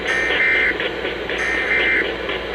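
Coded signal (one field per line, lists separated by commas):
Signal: Emergency Alert System (SAME) tones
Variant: end-of-message bursts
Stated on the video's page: Areal flood warning and flash flood statement received on seven stations.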